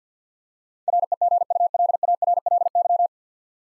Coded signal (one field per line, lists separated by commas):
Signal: Morse code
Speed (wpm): 50 wpm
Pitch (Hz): 700 Hz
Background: none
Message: REGULARLY